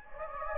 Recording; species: mosquito wingbeat signal from an infrared sensor; Anopheles gambiae